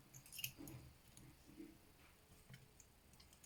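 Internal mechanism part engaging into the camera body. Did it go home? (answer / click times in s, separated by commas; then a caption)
yes / 0.4 s. During reassembly of a Canon IId camera, a small internal part is moved around until it engages in its hole in the camera body. A few faint clicks and rubbing sounds lead to a sharp pop at 0.4 s as the part seats, followed by quieter handling noise.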